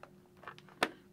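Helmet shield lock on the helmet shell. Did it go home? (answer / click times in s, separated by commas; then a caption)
released / 0.8 s. On an HJC i71 full face motorcycle helmet, the plastic shield lock on the helmet shell is pulled forward while pressure is applied toward the top right. A few faint plastic ticks and rustles lead up to one sharp, loud click at 0.8 s, followed by another soft tick near the end. The shield lock clicks open and is released.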